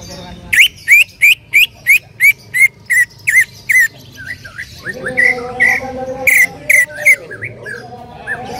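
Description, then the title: Bird singing a fast series of ten loud, clipped chirps, about three per second. A mix of quieter whistles and warbled notes follows, with another short burst of chirps. "Kicau Burung"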